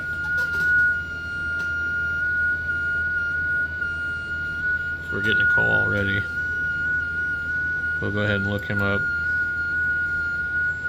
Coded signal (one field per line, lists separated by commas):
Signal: FT8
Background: speech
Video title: Poor mans ft8 ham radio method